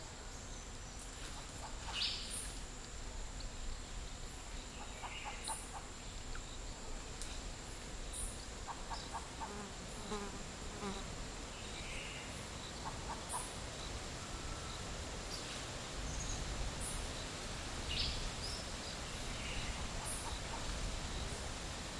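Dry forest ambience at midday, with a steady low rumble and hiss running throughout. Scattered bird calls come and go: short chirps, a rapid trilled series around nine seconds, and sharp high clicks every few seconds, over a constant thin high whine.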